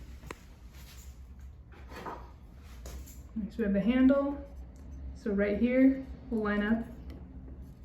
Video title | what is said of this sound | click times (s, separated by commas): Removing a Schlage door handle | and then just give it a little twist and lock into place | 0.3 s